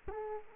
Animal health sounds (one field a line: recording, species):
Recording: mosquito wingbeat signal from an infrared sensor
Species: Culex quinquefasciatus